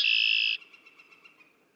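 Red-winged blackbird song: a single dense buzzy trill of about half a second, followed by faint fluttering notes that fade out.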